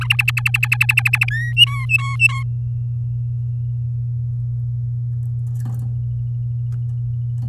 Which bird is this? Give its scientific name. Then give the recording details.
Serinus canaria. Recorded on 10 May 2018 at 05:33. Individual llb16